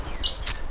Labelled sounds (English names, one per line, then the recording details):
Stitchbird song
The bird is a male
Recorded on Tiritiri Matangi Island, New Zealand, in 2005
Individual 1, of nest box 1